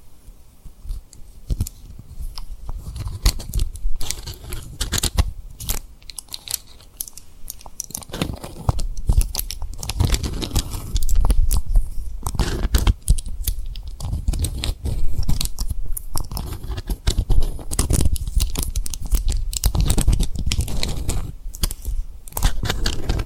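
Tapping and rubbing on a rhinestone-covered surface with lip sounds, made of quick crisp clicks and scratchy crackles that come in dense irregular bursts. The activity starts sparse, thickens after about ten seconds and stays busy to the end, with short pauses between flurries.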